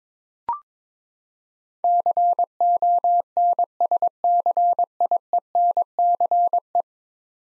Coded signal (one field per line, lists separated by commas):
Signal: Morse code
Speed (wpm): 22 wpm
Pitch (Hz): 700 Hz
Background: none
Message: CONSCIENCE